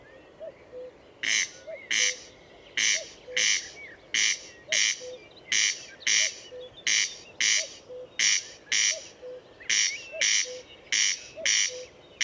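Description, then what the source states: Corn crake: dry, grating two-part calls of a corn crake, repeated rhythmically throughout, with quiet low hooting notes and faint bird chirps behind. Recorded at Murnauer Moos, Germany, on 29 May 2014.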